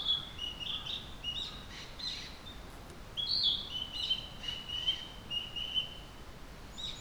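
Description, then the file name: Bird calls: clear, thin whistled notes and short chirps in loose series, some held briefly. 30 April 2022. "kotori no tit alley"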